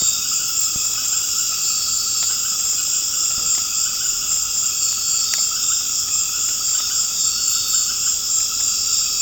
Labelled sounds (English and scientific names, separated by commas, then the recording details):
none
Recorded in secondary vegetation near Puerto Asís, Putumayo, Colombia, on 24 March 2025 at 19:30
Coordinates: 0.485, -76.322
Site G040